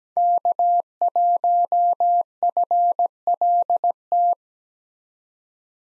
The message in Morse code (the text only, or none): K1FLT